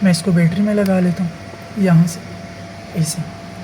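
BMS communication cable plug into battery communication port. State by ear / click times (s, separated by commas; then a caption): not seated / none. A plastic RJ45 plug on the blue-ended end (pins 7 and 8) of a BMS communication cable is being brought to the communication port of an Itel 24V 100Ah lithium battery, to connect with an Inverex Veyron II Premium 4200W inverter. Someone talks over a steady low hum, and the plug is handled but nothing has seated or clicked yet.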